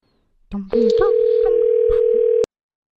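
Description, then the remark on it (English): A steady, loud telephone dial tone, heard while calling a cell phone, holds one pitch for almost two seconds, with faint clicks and muffled voices underneath, then cuts off abruptly. “Let me call your cell phone and you can see how it sounds.”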